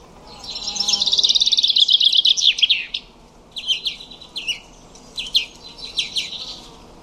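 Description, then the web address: Common chaffinch song: a rapid high trill lasting about two seconds, followed by several quieter phrases of short sharp notes. "cianscape birddata Deverinetal 2025 File origin Bird Only Fr Co"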